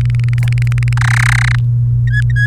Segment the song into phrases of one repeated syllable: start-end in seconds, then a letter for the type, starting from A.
0.01-0.93 A, 0.97-1.55 B, 2.07-2.46 C